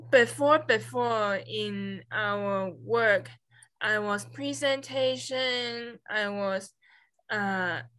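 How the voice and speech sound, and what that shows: A woman speaks in short, halting phrases with a repeated word, long pauses, a trailing filler and broken grammar such as 'I was presentation.' This effortful, agrammatic speech fits aphasia after an injury, which also affected her reading and writing.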